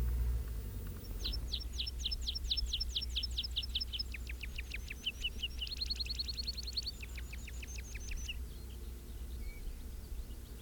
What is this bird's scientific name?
Anthus pratensis